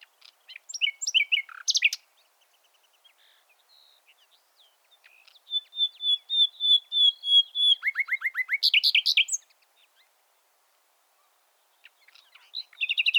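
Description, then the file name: Common nightingale song: varied chirps, a long thin whistled stretch of repeated notes, a rapid trill and harsh bursts, then a new phrase begins. "Luscinia megarhynchos"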